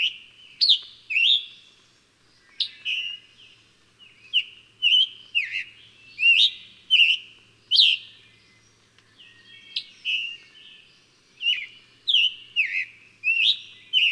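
Bird song: a steady series of bright whistled notes, each opening with a sharp high sweep, in phrases with brief pauses.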